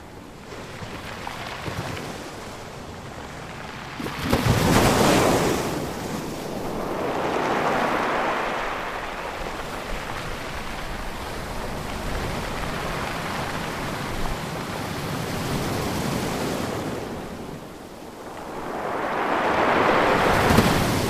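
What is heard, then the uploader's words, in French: Waves wash over a bank of pebbles beside a sea wall, each surge rising into a loud crash near the five-second mark and again around eight and twenty seconds. Between surges the stones keep up a steady hissing rattle as water drains back. Galets roulés de Perros-Guirec. Un soir d'août 2008 vers 22h30 sur la plage de Trestraou. Les vagues rincent inlassablement les galets amassés au droit de la digue. Zoom H2.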